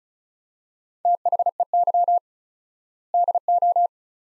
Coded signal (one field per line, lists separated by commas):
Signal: Morse code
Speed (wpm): 36 wpm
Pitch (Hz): 700 Hz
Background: none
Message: THEY DO